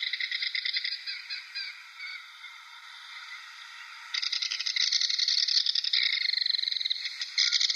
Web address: Schulze Peter Belted Kingfisher